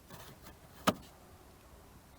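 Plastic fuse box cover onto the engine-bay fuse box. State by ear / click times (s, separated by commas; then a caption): seated / 0.9 s. A plastic cover is pushed down onto the engine-bay fuse box of a Ford Transit Connect. It clips shut with a single sharp click at 0.9 seconds over low background noise, seating the cover in place.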